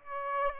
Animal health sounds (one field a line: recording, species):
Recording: mosquito wingbeat signal from an infrared sensor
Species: Aedes aegypti